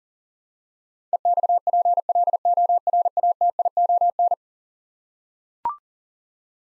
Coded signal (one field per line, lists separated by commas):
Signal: Morse code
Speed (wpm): 40 wpm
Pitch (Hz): 700 Hz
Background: none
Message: EXPLORATION